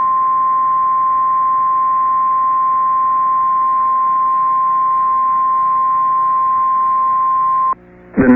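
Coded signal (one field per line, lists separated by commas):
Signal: Emergency Alert System (SAME) tones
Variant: 1050 Hz attention tone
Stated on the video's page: Severe Thunderstorm Warning from the National Weather Service, relayed by an FM radio station, recorded from that station's online live stream.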